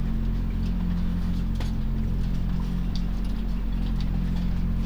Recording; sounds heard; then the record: poultry house recording; healthy chickens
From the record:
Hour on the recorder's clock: 23